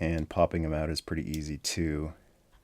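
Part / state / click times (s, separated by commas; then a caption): small plastic figure into the socket of a larger toy / not seated / none. Someone talks while handling the small plastic 2017 Transformers Power of the Primes Vector Prime Prime Master figure at the plastic powermaster slot of a larger toy. No sharp snap is heard, and nothing has seated or clicked yet.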